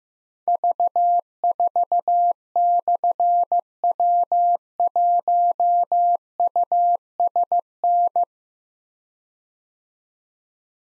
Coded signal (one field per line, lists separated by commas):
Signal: Morse code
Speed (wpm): 15 wpm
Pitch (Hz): 700 Hz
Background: none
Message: V4/W1USN